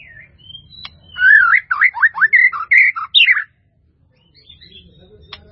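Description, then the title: White-rumped Shama song: a thin opening whistle, then a string of loud, looping, slurred whistles, followed by quiet. "murai batu"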